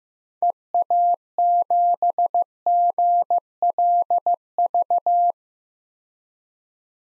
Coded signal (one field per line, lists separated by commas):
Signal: Morse code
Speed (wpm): 16 wpm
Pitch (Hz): 700 Hz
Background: none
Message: EA7GLV